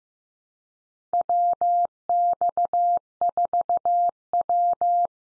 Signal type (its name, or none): Morse code